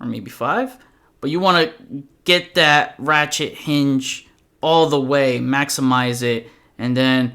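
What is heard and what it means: A plastic action figure's ratchet shoulder hinge in its torso is being handled while someone talks throughout. The ratchet is being stepped into its detents, but the clip ends before the part goes home, and nothing has seated or clicked yet.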